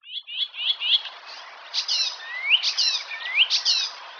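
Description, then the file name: Icterine warbler song with quick repeated chirps, harsh looping notes and clear upward-sweeping whistles in a lively, varied sequence. "Härmsångare - Hippolais icterina"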